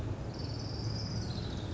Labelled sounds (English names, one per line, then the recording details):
Orange-crowned Warbler
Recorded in Sonoma County, California